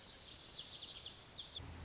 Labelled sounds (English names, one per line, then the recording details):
Lazuli Bunting
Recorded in Sonoma County, California